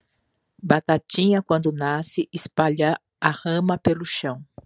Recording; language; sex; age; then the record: short text; Brazilian Portuguese; female; 50 to 59 years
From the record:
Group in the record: control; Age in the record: 55 years